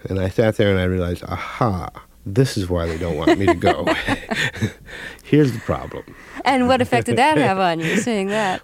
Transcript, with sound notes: And I sat there, and I realized, aha, this is why they don't want to me go.
(Laughter).
Here's the problem.
And what effect did that have on you, seeing that?